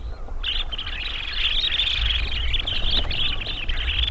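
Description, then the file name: Dunlin flock chatter, an unbroken wash of thin buzzy, trilling notes starting half a second in and continuing throughout, over a low rumble. "Bonte Strandloper Calidris alpina"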